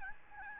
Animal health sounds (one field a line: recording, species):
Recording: mosquito wingbeat signal from an infrared sensor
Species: Aedes albopictus